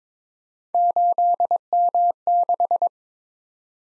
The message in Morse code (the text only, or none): 8M6